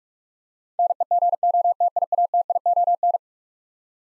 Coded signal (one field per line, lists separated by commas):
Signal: Morse code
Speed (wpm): 46 wpm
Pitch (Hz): 700 Hz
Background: none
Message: NEGOTIATION